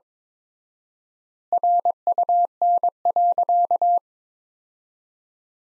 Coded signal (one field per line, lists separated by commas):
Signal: Morse code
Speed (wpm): 22 wpm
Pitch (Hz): 700 Hz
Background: none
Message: RUN.